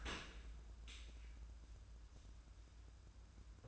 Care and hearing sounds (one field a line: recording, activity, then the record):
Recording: daily activity, microphone in the room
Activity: open dishwasher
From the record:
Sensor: 2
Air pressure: 994.3 hPa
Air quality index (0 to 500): 212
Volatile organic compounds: 1000 ppm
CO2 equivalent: 7033 ppm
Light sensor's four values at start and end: 147/354/150/157 and 149/358/152/159